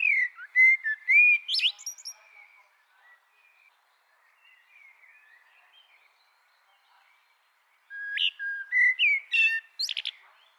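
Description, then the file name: Common blackbird singing two warbled, fluty phrases ending in squeaky high twitters, separated by a stretch of very soft warbling. "Turdus merula"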